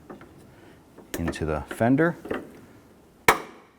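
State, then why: Seated. On a 2012-2017 Toyota Camry, a plastic expansion clip holding the front bumper bracket is pushed into the fender hole while someone talks. A single sharp click sounds at 3.3 s as the clip locks into place and is seated.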